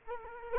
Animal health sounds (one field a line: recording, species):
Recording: mosquito wingbeat signal from an infrared sensor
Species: Culex quinquefasciatus